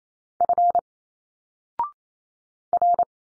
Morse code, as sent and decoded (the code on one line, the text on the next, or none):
..-. / .-.
F R